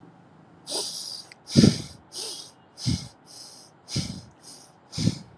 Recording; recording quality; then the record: shallow breathing; excellent, no background noise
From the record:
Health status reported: healthy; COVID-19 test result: negative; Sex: male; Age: 30 years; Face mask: not worn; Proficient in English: yes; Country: India